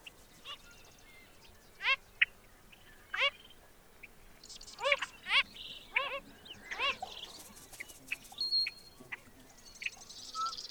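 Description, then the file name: Wilson's phalarope giving scattered nasal grunting notes over a steady background hiss. "Wilsons Phalarope - Phalaropus tricolor"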